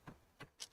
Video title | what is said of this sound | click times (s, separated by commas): Home and Automotive Tech - TECH on TUESDAY #18 | that clicking sound that you're hearing is the torque wrench showing you that it's relieving that it's 150 | 0.1 s, 0.4 s, 0.6 s